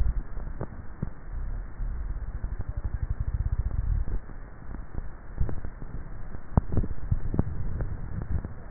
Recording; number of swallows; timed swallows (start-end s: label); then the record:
swallowing sounds by neck microphone; 1
6.58-7.32 s: swallow
From the record:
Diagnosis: dysphagia